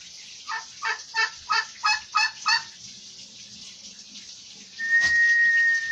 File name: canto do peru